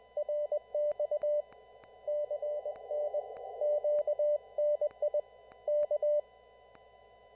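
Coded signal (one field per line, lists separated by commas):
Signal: Morse code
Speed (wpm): 21 wpm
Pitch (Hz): 600 Hz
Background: none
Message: RX CN QNI K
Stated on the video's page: Typical formal CW traffic net with net control opening, check-ins and releases; no radiograms sent.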